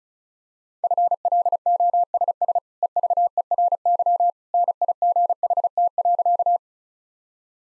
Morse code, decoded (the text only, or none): FLOSS EVERY NIGHT.